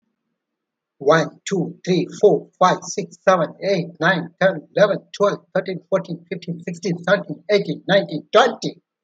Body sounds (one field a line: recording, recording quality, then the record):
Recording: counting at a fast pace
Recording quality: excellent, no background noise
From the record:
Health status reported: healthy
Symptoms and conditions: diabetes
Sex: male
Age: 58 years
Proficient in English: yes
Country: India